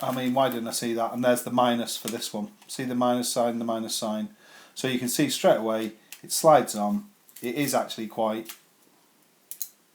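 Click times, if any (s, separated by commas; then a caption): 9.5 s, 9.6 s. Someone talks while sliding a plastic wrist-strap attachment down the side rail of a Nintendo Switch controller, matching the minus sign to minus and plus to plus. Two short, sharp clicks at 9.5 and 9.6 seconds mark the strap locking into place on the rail.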